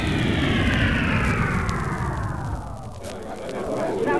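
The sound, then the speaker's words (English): A robot plane and six spaceships come in for a soft landing on the lawn surrounding the Washington Monument in the US capital: a loud engine whine slides steadily downward in pitch over a heavy, continuous low rumble, easing slightly before swelling again. “And on the lawn surrounding the Washington Monument in the capital city of the United States, the robot plane accompanies six magnificent ships to a soft landing.”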